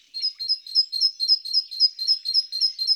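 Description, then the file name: Great tit song: a rapid, regular run of bright two-note phrases, about four a second, high and clear. Garden bird. "Mesange charboniere"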